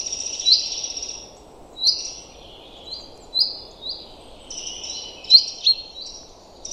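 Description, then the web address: Common chaffinch uttering quick high-pitched notes at uneven intervals, a few closely paired near the end, against a quiet low hiss. "Deverinetal 2025"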